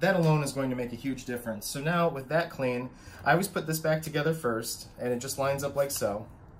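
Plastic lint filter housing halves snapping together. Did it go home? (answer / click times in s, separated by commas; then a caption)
no / none. Someone talks while lining up the two plastic halves of the cleaned lint filter housing from a Panda Compact 120V dryer. No clicks are heard, and nothing has snapped or seated yet by the end of the clip.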